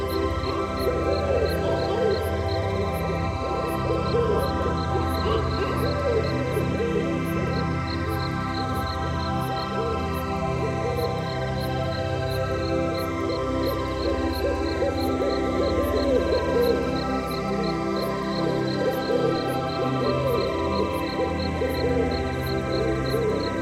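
Night animals fill the recording with a steady, dense chorus that never lets up. A very high, regular ticking pulses about once a second throughout, while a busy chirring texture runs underneath, with low hoot-like calls blending into the low end.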